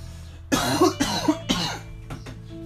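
A quick run of three loud, harsh cough bursts about half a second apart, followed by two fainter, shorter ones. The coughs are dry-sounding and close together, indoors with a low background hum.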